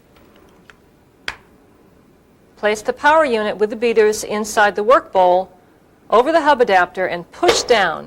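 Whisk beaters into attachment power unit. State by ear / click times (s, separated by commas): seated / 1.3 s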